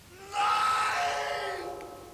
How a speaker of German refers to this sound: Ich hörte seinen Schrei.